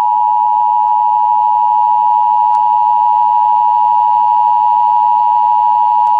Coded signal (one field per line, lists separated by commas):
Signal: Emergency Alert System (SAME) tones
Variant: 853 and 960 Hz attention tone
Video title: Emergency Alert System - Severe Thunderstorm Warning for Passiac County, NJ